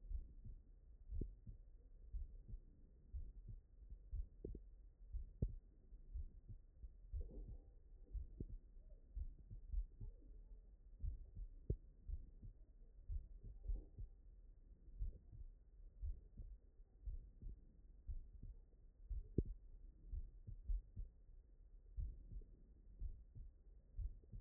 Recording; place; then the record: heart sounds by stethoscope; tricuspid valve (TV)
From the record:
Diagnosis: non-HFrEF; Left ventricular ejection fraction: 66%